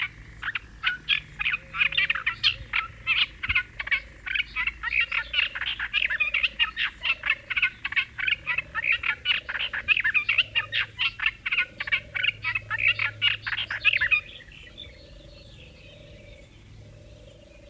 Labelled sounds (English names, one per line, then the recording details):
Olive-tree Warbler
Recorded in the wild
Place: Ljubimez, Khaskovo, BG
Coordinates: 41.847, 26.086
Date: 1974-05-30 19:45
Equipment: Nagra III BH, Sennheiser MD 21, parabola
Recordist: Schubert, Michael